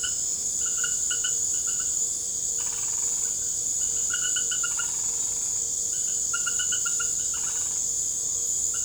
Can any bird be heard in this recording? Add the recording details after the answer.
no. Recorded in secondary vegetation near Puerto Asís, Putumayo, Colombia, on 26 December 2024 at 19:30. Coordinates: 0.489, -76.322. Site G059